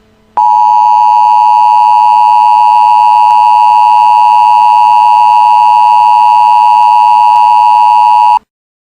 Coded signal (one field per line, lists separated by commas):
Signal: Emergency Alert System (SAME) tones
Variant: 853 and 960 Hz attention tone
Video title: Eas hurricane warning with static effect